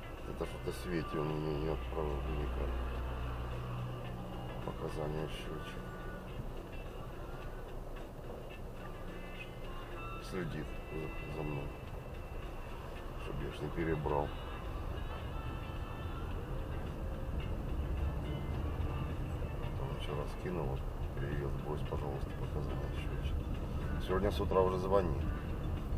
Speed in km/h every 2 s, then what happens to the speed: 0, 0, 0, 3, 3, 2, 5, 6, 11, 14, 11, 13, 16.
0-5 standing. 5-10 steady at about 3. 10-18 pulls away to 14. 18-26 steady at about 13.